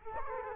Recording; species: mosquito wingbeat signal from an infrared sensor; Culex quinquefasciatus